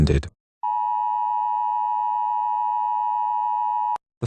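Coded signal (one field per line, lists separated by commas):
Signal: Emergency Alert System (SAME) tones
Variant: 853 and 960 Hz attention tone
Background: speech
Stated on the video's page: Fictional British EAS scenario.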